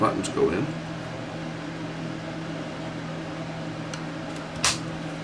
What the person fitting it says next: and that snaps on like that